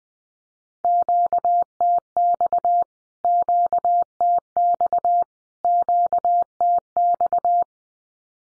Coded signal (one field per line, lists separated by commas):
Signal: Morse code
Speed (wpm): 20 wpm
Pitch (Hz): 700 Hz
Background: none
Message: QTX QTX QTX